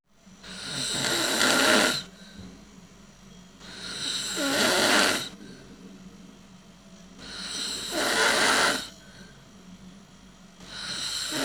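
Loud, rasping, noisy breaths from an adult sleeper come in slow regular cycles, about 18 a minute, each lasting a second or two, with quiet gaps between them. This is snoring, the vibration of the soft tissues of the upper airway during sleep.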